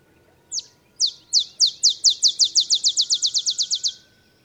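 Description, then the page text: Olive sparrow song of high, clipped downslurred chips, slow at first and quickening into an even trill, many notes over about three and a half seconds. Simple songs like a bouncing ball, sung early morning in Texas, 50 miles north of the Mexican border. "Birdsong for the Curious Naturalist. Olive sparrow"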